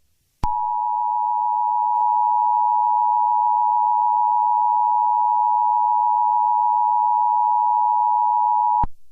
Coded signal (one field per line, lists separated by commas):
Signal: Emergency Alert System (SAME) tones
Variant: 853 and 960 Hz attention tone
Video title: The Pokemon Invasion 2 (A Valentine's Day EAS Scenario)